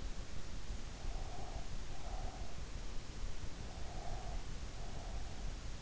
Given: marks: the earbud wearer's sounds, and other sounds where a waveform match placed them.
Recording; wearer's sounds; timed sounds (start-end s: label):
sounds in sleep by an in-ear microphone; breath
1.13-2.71 s: breath
3.60-5.45 s: breath